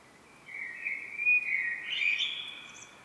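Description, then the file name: Common blackbird delivering a single smooth, fluted phrase that climbs slightly and closes with a thin high note. "Turdus merula"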